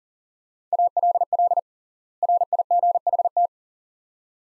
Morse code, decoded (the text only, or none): ALL RIGHT